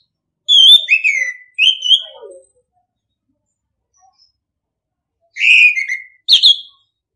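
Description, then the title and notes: Orange-headed thrush song: a pair of rich warbled whistle phrases, a few seconds of silence, then two more quick bright phrases. Masteran (training) song in the ngeplong style. "ANIS KEMBANG NGEPLONG. Masteran Anis Kembang"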